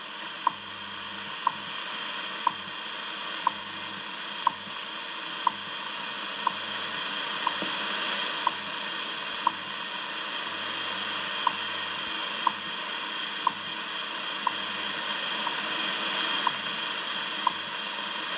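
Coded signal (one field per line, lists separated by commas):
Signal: radio time signal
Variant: WWV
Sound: short sharp ticks once per second, about 18 in all, over steady radio hiss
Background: radio static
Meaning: Each tick marks one second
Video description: WWV time signals Boulder Colorado 25 Mhz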